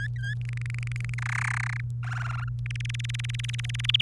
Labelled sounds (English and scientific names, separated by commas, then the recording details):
Domestic Canary (Serinus canaria) song
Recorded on 28 April 2018 at 06:00
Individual llb3